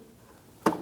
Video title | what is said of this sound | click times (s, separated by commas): How to Replace Parking Assist Sensors 2009-2017 Audi Q5 | You will hear the audible click. | 0.7 s